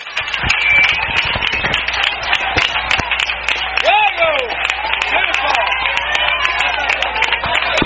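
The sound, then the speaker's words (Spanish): A church audience applauds Jesus loudly and steadily for the full stretch, dense clapping mixed with cheering voices and a few rising shouts rising above the crowd noise. “Denle ese aplauso a Jesús, que me van a hacer un cambio aquí.”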